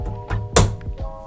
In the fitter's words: So you might have heard that click.